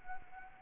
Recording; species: mosquito wingbeat signal from an infrared sensor; Anopheles arabiensis